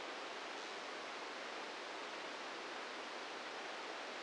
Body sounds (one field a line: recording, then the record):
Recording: brain microelectrode recording played as sound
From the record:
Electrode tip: inside the subthalamic nucleus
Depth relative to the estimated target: -2 mm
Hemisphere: left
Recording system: NeuroSet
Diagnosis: Parkinson's disease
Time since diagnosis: 8 years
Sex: male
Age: 46 years